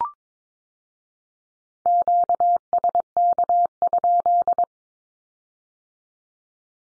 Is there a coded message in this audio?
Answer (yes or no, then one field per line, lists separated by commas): yes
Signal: Morse code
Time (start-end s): 1.9-4.6 s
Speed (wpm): 22 wpm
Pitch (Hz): 700 Hz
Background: none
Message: QSK?